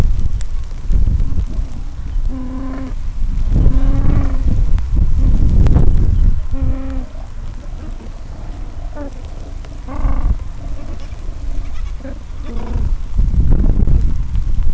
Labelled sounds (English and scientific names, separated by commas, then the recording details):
Gentoo Penguin (Pygoscelis papua)
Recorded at the colony at Gold Harbour, on 26 December 2014
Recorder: Song Meter SM2+